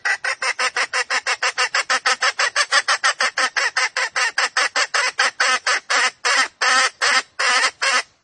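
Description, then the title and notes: Junglefowl clucking, a quick series of harsh notes that slows and lengthens toward the end. Female junglefowl calls used as a lure to attract junglefowl. "Pancingan Ayam Hutan Betina. Suara Ayam Hutan Betina. Pemikat Ayam Hutan"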